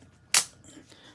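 The metal handle halves of a Leatherman Free P4 folding multi-tool are closed onto their magnetic catch and snap shut with one sharp, bright click at 0.3 s, followed by a faint tick near 0.9 s against a quiet background. The handles are seated shut on the magnets.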